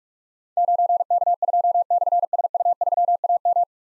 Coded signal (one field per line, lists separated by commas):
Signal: Morse code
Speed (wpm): 44 wpm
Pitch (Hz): 700 Hz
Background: none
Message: 9K2/SU3AM